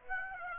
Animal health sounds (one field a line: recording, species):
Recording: mosquito wingbeat signal from an infrared sensor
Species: Aedes aegypti